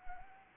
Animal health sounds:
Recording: mosquito wingbeat signal from an infrared sensor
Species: Anopheles arabiensis

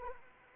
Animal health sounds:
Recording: mosquito wingbeat signal from an infrared sensor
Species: Anopheles arabiensis

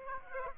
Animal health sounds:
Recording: mosquito wingbeat signal from an infrared sensor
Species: Aedes aegypti

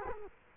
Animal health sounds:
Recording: mosquito wingbeat signal from an infrared sensor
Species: Culex quinquefasciatus

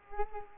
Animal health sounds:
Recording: mosquito wingbeat signal from an infrared sensor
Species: Culex quinquefasciatus

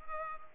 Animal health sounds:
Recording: mosquito wingbeat signal from an infrared sensor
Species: Culex pipiens

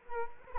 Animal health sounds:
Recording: mosquito wingbeat signal from an infrared sensor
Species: Culex quinquefasciatus

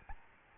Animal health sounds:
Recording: mosquito wingbeat signal from an infrared sensor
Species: Aedes albopictus

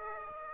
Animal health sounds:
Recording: mosquito wingbeat signal from an infrared sensor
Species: Aedes aegypti

